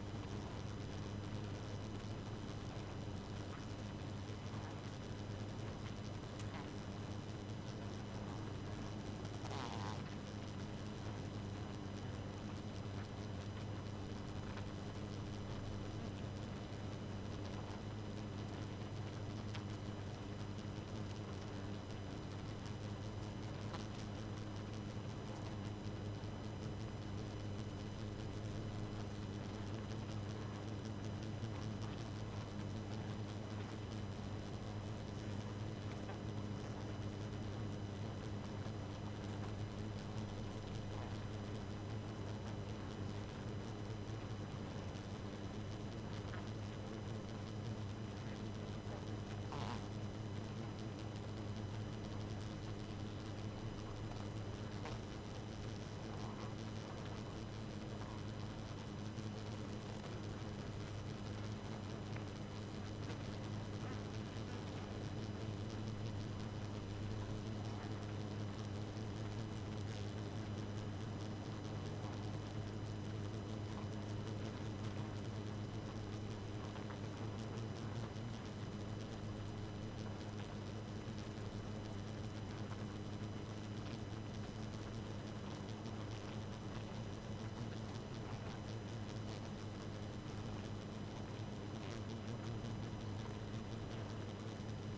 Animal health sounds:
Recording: honeybee colony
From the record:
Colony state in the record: active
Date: 12 June 2018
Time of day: 2:13

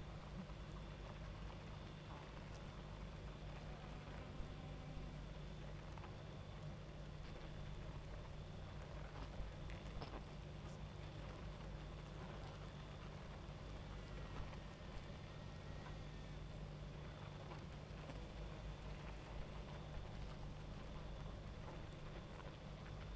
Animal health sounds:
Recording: honeybee colony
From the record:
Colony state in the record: active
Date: 28 July 2017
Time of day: 23:59

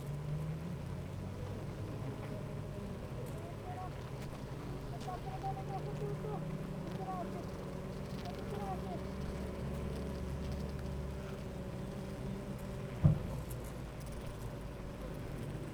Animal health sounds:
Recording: honeybee colony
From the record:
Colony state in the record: active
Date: 28 July 2017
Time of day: 8:29

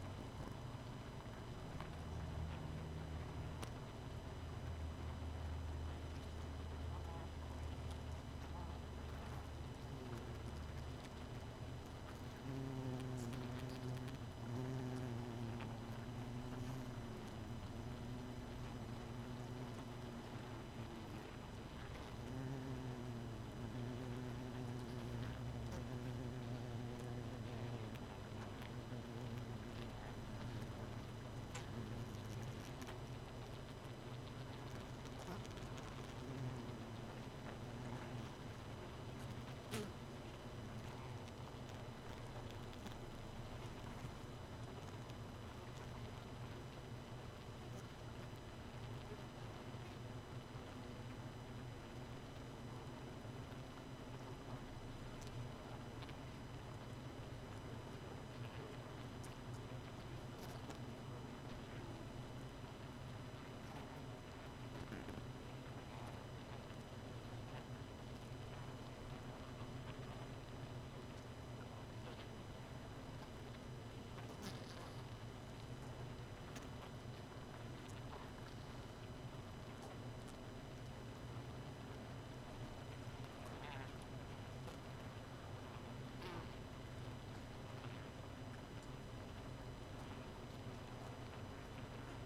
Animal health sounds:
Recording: honeybee colony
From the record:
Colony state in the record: missing queen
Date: 31 May 2018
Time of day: 0:28

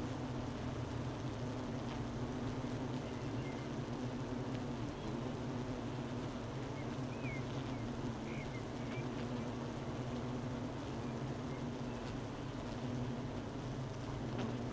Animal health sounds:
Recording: honeybee colony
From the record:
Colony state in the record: missing queen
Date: 31 May 2018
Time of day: 12:19

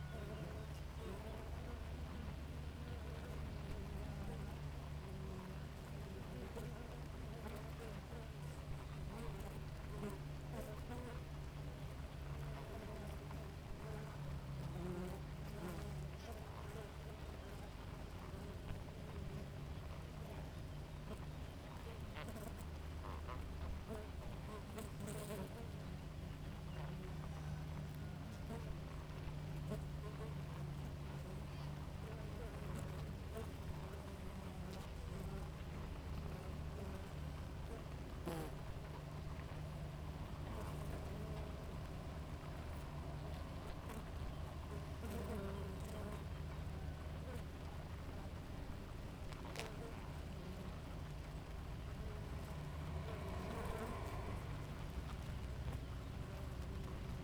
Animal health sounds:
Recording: honeybee colony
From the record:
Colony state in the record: active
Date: 28 July 2017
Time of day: 5:26

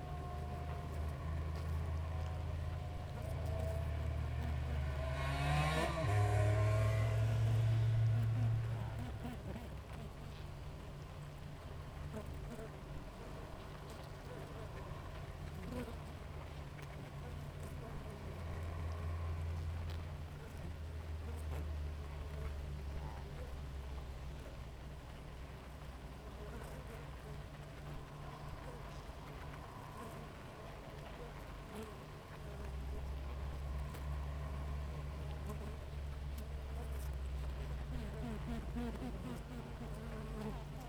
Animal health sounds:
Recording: honeybee colony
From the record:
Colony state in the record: active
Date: 28 July 2017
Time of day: 6:28

